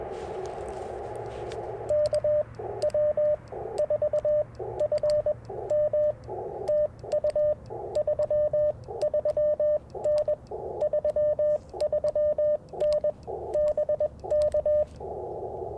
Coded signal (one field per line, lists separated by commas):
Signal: Morse code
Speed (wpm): 21 wpm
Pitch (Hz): 600 Hz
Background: radio noise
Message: K W 4 F M TU 33N 33N BK